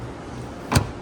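In a Chevy Trailblazer SUV, the folding second-row seatback is lifted upright and pushed back until its latch locks into its striker. A single sharp click at 0.8 s marks the lock over a low background hum. The seatback is seated and locked upright.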